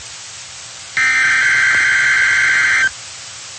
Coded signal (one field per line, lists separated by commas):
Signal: Emergency Alert System (SAME) tones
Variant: header bursts